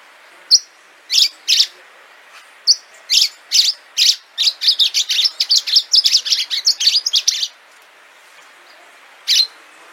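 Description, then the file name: Orange-fronted yellow finch song: a few isolated high chirps spaced apart, building into a quick burst of rapid twittering notes, then a pause and more single chirps. "canto do canario do amazonas"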